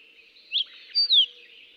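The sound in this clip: Fox sparrow song fragment: a short sharp chip, then a clear whistled note that slides steeply downward, over a faint steady low hum.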